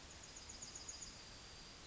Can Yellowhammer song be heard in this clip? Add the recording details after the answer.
yes. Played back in forest. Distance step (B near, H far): F. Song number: 154